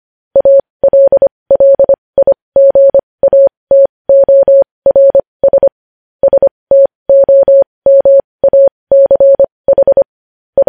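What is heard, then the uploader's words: Morse code sounds as a single clean, steady tone of medium pitch, keyed on and off in quick short and long beeps against complete silence. The dots and dashes run in clusters with brief gaps, pausing longer around six seconds before resuming. Morse code transcription.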